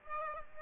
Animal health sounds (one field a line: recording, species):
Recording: mosquito wingbeat signal from an infrared sensor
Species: Aedes aegypti